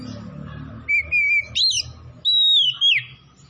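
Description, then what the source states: Oriental magpie-robin song, a few long clear whistles, level then rising and falling, over low rumbling background noise. Kacer from Tretes, singing vigorously (gacor).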